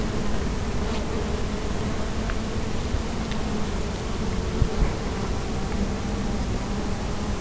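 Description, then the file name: Bees giving a continuous low buzzing drone, an even hum with a faint higher overtone and a few soft clicks. "abeilles"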